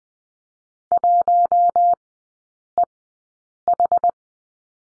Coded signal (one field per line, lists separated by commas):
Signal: Morse code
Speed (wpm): 20 wpm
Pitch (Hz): 700 Hz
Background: none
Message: 1EH